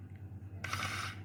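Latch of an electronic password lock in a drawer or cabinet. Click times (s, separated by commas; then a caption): 0.6 s. The motorized latch of an electronic password lock on a drawer or cabinet relocks on its own a few seconds after being opened with the user code, and it clicks into place at 0.6 s. A low steady hum runs throughout, and a brief whirring, ratcheting mechanical sound follows the click until the end. The latch has auto-locked.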